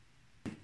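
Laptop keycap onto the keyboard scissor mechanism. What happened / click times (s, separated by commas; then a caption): The keycap snapped back onto its clips / 0.5 s. A plastic laptop keycap is pressed with a finger back onto the keyboard's scissor mechanism and retainer clips, a job that is easy: just press it back into place. After quiet, a single sharp snap sounds at 0.5 s as the keycap seats in place.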